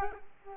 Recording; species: mosquito wingbeat signal from an infrared sensor; Culex quinquefasciatus